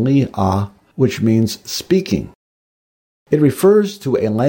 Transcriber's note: speaking